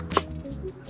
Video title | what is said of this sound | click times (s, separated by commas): Cheaper Sena + Cardo alternative / GDM Hypersonic | Yep, clicks right into place. | 0.2 s